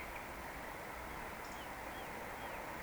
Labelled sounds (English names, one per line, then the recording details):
Eurasian Woodcock
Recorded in Baden-Württemberg, Germany, on 17 June 2020 at 19:50 UTC
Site 14569, 102 m above sea level